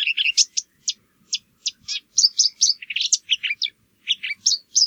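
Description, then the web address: Marsh warbler singing a jumble of sharp chips, squeaky whistles and scratchy notes, delivered in quick irregular bursts with short gaps. "geluiden bosrietzanger"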